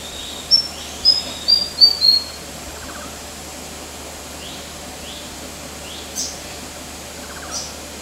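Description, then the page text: White-throated fantail giving four thin high whistles in quick succession, then quiet apart from faint chips over steady background hiss. Recorded at the headquarters of Kinabalu Park, Borneo, on 14 August 2009. "Sound of White-throated Fantail at HQ, Kinabalu Park by NELSON, Mike"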